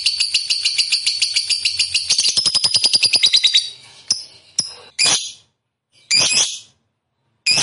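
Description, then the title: Lovebird chattering song of rapid high notes for about three seconds, then fading, followed by several separate harsh shrieks with pauses between. Fighter lovebird described as gacor, meaning singing energetically. "Berkat SUARA Lovebird FIGHTER GACOR Ini"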